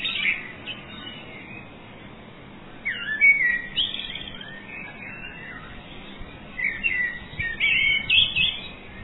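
A bird delivers lively, rapid phrases of high chirps and trills, with a brief start, a pause, then longer tumbling bursts.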